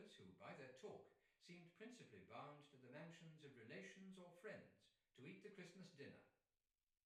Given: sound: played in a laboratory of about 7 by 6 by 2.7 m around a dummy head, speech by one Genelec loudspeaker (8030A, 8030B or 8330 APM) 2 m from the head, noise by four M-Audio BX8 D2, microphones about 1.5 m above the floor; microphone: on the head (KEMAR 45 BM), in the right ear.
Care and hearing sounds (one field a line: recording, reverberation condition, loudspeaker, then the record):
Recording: male speech in English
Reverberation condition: medium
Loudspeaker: 150 degrees to the left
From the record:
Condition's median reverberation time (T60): about 510 ms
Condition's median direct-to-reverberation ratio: about -0.5 dB